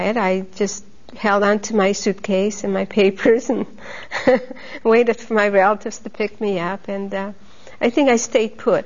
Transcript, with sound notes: I just held onto my suitcase and my papers and ( she laughs ) waited for my relatives to pick me up. And I think I stayed put.